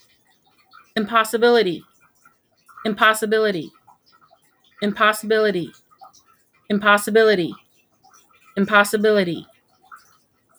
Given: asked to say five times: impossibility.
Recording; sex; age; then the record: repeated word; female; 40 to 49 years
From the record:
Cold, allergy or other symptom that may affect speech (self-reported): no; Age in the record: 47 years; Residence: Missouri, United States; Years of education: 16